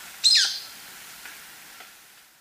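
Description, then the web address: Golden-crowned Flycatcher call, one sharp, squeaky note that slides downward, followed by quiet. Recorded in Ecuador. "Natures Songs S America Birds of Ecuador Golden-crowned Flycatcher"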